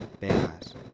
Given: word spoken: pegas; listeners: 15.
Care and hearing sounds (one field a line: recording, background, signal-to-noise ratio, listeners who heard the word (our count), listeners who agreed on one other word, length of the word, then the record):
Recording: one Spanish word in noise, from a listening test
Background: noise modulated by one talker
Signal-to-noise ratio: -7.9 dB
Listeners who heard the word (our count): 2 of 15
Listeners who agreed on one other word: 7 of 15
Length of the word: 0.54 s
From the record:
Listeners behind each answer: 7, 2, 2, 1, 1, 1, 1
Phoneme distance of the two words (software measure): 20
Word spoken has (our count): 2 syllables, 5 phonemes, stress on syllable 1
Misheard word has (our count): 2 syllables, 5 phonemes, stress on syllable 1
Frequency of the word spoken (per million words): 1.34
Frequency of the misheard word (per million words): 3.53